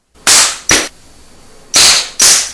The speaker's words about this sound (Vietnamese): Một tiếng chát, lại một tiếng chát vang lên.